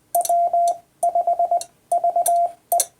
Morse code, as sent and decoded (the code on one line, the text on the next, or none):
.-- ..... ...- .
W5VE